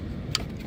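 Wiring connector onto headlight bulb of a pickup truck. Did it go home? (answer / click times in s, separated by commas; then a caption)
yes / 0.3 s. After a new headlight bulb is twisted into its housing on an F150 pickup truck, the plastic wiring connector is pushed back onto the bulb. A single sharp click is heard at 0.4 s over a low background hum. The connector is seated.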